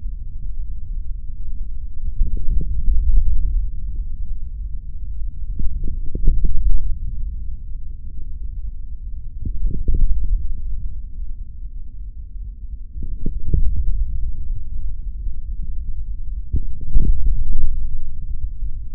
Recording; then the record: forearm muscle sounds (acoustic myography)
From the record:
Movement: forearm pronation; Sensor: system 3, bracelet of six PUI Audio POM-2738L microphones around the upper forearm, with dedicated amplification and filtering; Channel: 2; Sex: male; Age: 23 years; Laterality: right